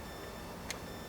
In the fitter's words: and you hear it lock